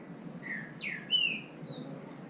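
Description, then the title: Green-winged saltator song: a few separate clear whistled notes, one sliding downward, then two brighter higher notes. Bird named Nicão in the bush (mato), competing in song with a free bird. "Trinca Ferro NICÃ O"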